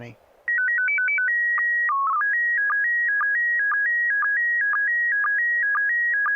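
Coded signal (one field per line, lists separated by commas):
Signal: SSTV (slow-scan television)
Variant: PD 120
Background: speech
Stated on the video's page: SSTV net on an FM repeater on 441.300 MHz.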